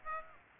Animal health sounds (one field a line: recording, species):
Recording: mosquito wingbeat signal from an infrared sensor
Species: Aedes aegypti